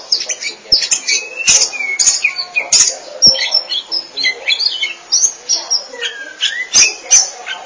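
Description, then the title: Oriental magpie-robin song, loud and continuous, a busy stream of fluty whistles, trills and scratchy notes punctuated by sharp clicks. Chirping song (kicauan) of the bird. "Suara Kicauan Burung Kacer Durasi Panjang"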